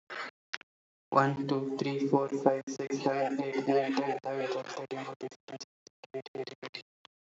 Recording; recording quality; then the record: counting at a fast pace; excellent, no background noise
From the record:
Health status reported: healthy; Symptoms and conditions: none ticked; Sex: male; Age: 22 years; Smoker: not ticked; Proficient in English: yes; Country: India